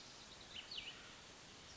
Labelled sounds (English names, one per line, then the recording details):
Cassin's Vireo
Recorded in Sonoma County, California